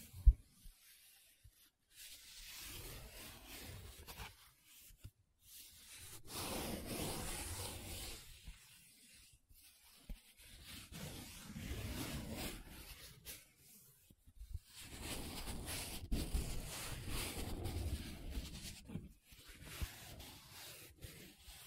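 Paper being rubbed and scratched in three long, rasping passes of a few seconds each, separated by brief quiet gaps and small ticks.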